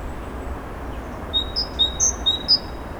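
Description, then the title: Bird song: a quick run of six short high whistled notes, alternating between a lower and a higher pitch, over steady low noise. Birds singing at Narbonne, France; recorded with a Zoom H6 and Sennheiser MKE 600 microphone. "Narbonne, France - Birds Sing 03. Birds Narbonne 03"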